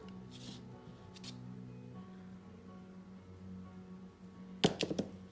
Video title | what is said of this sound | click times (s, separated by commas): Assembly Guide: Zippy Latch Spacers for the HOM Chimera v2 [Spring Latch Counterweight Conversion] | bite side sex bolt and just push it in everything should just click into place and I'm | 4.7 s, 4.8 s